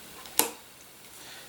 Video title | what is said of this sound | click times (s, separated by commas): Blackrock Neural data acquisition BNC input | so you push it in you hear a click | 0.4 s